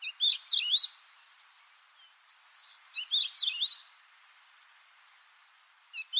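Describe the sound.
Bird song: a short warbled phrase of looping, wavering whistles with higher chips, given twice about three seconds apart, then a third beginning at the end.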